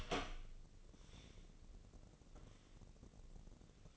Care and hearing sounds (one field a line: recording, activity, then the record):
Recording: daily activity, microphone in the room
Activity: open door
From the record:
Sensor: 4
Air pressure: 1013.2 hPa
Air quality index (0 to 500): 177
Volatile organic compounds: 2 ppm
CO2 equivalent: 1115 ppm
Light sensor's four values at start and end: 69/169/71/71 and 90/227/93/99